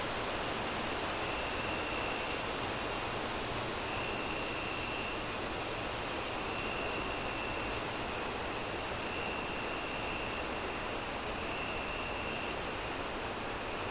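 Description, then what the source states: Cricket chirps repeat steadily, a little over twice a second, and stop near the end, with continuous wind rushing underneath and a faint high drone. Crickets chirping at night as the moon rises, with wind howling through trees in gusts.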